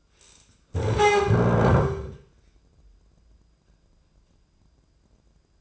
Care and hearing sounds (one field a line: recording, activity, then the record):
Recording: daily activity, microphone in the room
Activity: stand up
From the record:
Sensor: 2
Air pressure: 995.8 hPa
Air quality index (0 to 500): 242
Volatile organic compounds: 1000 ppm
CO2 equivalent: 5966 ppm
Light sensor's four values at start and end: 27/66/29/32 and 25/60/27/30